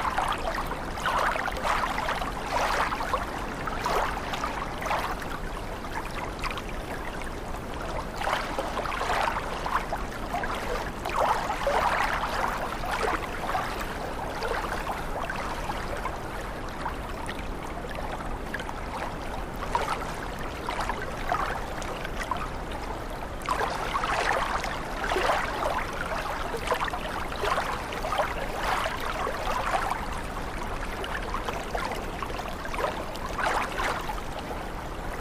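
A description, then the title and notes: Water runs steadily throughout, a dense trickling and splashing with bright bursts that swell and ease every few seconds. It sounds close, with a faint low rumble underneath, and the texture stays busy from start to finish without clear pauses. Water Sounds.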